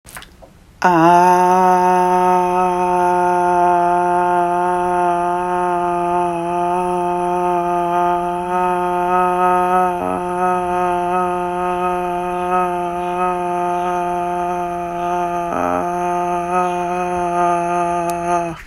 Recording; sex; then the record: sustained vowel /a/; female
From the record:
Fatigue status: no fatigue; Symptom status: asymptomatic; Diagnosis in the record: COVID-19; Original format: m4a